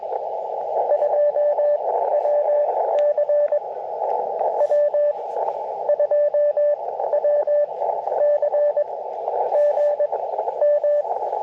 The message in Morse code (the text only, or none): 2WC W2WC GM